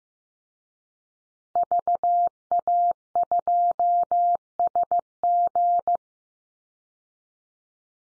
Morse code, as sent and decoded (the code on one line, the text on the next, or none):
...- .- ..--- ... --.
VA2SG